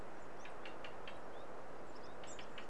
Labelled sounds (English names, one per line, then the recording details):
Great Tit
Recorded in Germany
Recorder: ecoPi